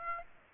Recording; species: mosquito wingbeat signal from an infrared sensor; Aedes aegypti